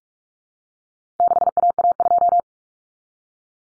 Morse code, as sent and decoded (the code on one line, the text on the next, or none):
-.... .- .- ..---
6AA2